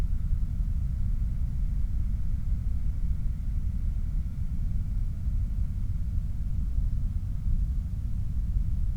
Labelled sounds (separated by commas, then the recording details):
machinery, flare stack
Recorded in the Prudhoe Bay oil fields, Alaska, on 29 July 2019 at 03:35
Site 25